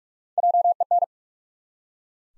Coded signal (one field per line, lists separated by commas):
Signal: Morse code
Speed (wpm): 43 wpm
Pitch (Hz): 700 Hz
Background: none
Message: JEN